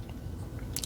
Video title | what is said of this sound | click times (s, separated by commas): Transformers Generations Legacy Evolution Crashbar | snap into place. | 0.8 s